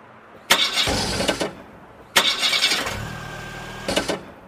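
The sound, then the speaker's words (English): Two attempts to start an old car that had run fine until that morning: each time the starter motor cranks loudly for about a second, the engine sputters briefly, then dies without catching. “Non va. Perché non va? È troppo vecchia.”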